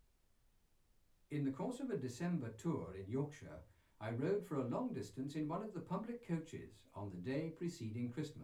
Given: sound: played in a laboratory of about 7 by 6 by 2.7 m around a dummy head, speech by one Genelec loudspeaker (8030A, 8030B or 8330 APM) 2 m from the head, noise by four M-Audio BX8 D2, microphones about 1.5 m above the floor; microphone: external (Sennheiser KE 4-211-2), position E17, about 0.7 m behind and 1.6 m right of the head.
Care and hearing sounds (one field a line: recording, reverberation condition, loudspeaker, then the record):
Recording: male speech in English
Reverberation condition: low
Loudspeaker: 30 degrees to the left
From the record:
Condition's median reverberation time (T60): about 310 ms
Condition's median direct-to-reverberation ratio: about 3.5 dB